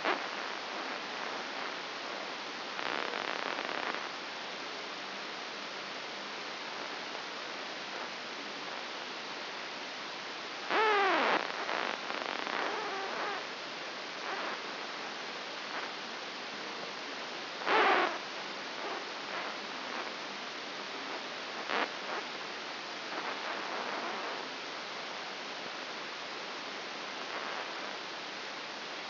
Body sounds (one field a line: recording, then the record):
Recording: brain microelectrode recording played as sound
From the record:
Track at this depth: outside the subthalamic nucleus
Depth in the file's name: 6.501 mm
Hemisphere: left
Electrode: 2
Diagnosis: Parkinson's disease